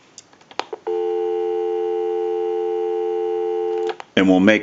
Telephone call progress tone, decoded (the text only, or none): dial tone